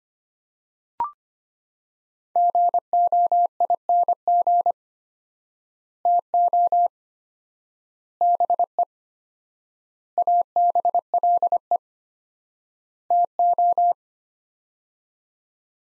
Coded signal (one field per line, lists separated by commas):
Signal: Morse code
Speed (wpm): 25 wpm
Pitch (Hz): 700 Hz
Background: none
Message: GOING TO BE ABLE TO